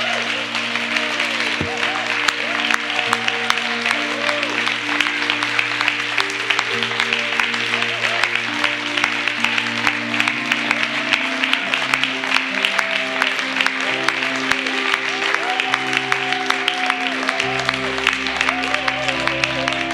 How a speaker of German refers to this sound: Lass uns mal Gott einen richtigen Applaus geben. Wir lieben dich.